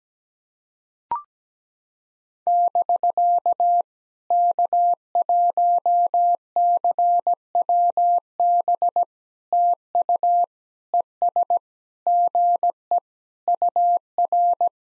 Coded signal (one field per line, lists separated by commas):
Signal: Morse code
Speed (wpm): 17 wpm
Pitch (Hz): 700 Hz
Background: none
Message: <BK> K1CWB TU ES GE UR